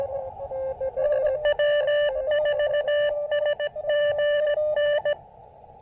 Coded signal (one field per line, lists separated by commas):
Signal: Morse code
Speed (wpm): 17 wpm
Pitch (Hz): 1750 Hz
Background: radio noise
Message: W4SGN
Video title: POTA at Yatesville Lake SP: Breaking up a seven hour road trip with some QRP field radio fun!